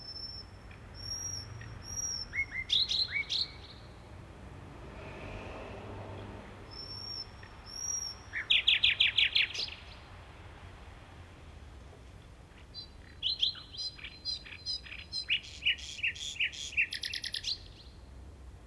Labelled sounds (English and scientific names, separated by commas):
Common Nightingale (Luscinia megarhynchos) song